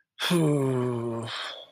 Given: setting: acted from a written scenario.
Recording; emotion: vocal sound without words; sadness